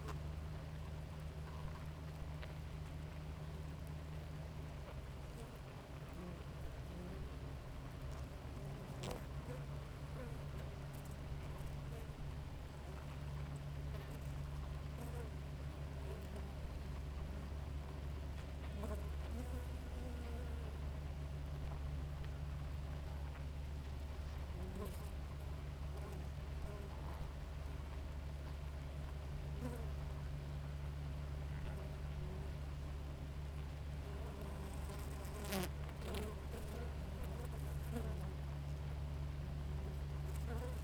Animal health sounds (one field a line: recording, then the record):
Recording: honeybee colony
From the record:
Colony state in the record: active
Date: 28 July 2017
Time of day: 5:21